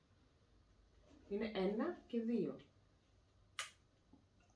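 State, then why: Seated. Detachable plastic controllers are slid onto the side rails of a handheld game console until they lock. Someone talks, then a single sharp click is heard at 3.6 s as the controllers snap into place, confirming they are seated.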